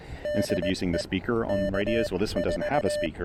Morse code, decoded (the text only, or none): DE K4